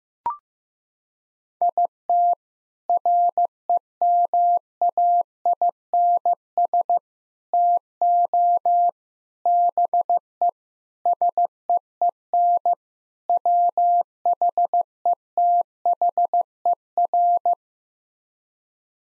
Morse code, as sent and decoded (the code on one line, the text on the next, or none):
.. - / .-. . -- .- .. -. ... / - --- / -... . / ... . . -. / .-- .... . - .... . .-.
IT REMAINS TO BE SEEN WHETHER